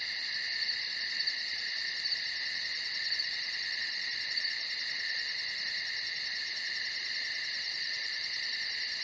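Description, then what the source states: Cricket chorus of unbroken shrill trills layered with a fast, evenly pulsed high chirp, steady in level from start to finish. Night forest ambience with crickets.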